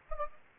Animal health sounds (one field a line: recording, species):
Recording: mosquito wingbeat signal from an infrared sensor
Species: Anopheles gambiae